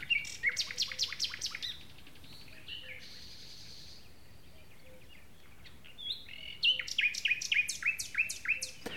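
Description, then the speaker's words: Common Nightingale song: rapid repeated notes and trills, pausing for a steady buzzy tone, then resuming with fast sharp repeated phrases. "Und es ist sogar so, dass noch vor 100 Jahren die Nachtigallen auch in unmittelbarer Umgebung der Menschen lebten und nisteten"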